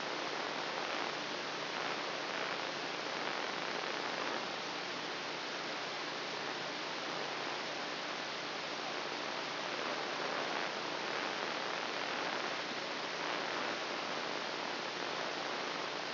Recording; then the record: brain microelectrode recording played as sound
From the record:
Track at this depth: inside the subthalamic nucleus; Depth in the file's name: 4.307 mm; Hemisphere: left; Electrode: 2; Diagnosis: Parkinson's disease